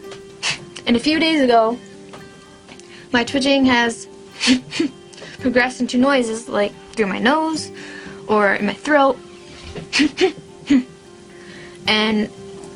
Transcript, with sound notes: And a few days ago, my twitching has (huffing) progressed into noises, like, through my nose or in my throat. (Huffing) And